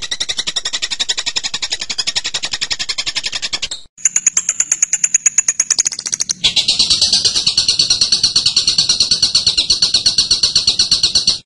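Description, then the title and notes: Bird song: a fast buzzy chatter, a short gap, a thin high run of ticking notes, then a long stretch of dense, rapid buzzy chatter. Masteran: a birdsong training recording. "MASTERAN BURUNG. suarane manok"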